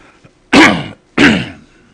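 Two harsh throat clears from an adult with chronic throat clearing due to sensory neuropathic cough. They are driven by a feeling of something in the throat that must be cleared out or moved aside, and they are worse with heavy breathing in the cold. Endoscopy of the throat showed nothing there.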